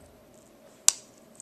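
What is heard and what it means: A ring inside a Vornado vaporizer atomizer is pushed down into its slot, giving one sharp, loud snap at 0.9 s over a quiet background, with a faint tick near 1.4 s. Only one side of the ring has snapped into the slot, and the ring is still tilted.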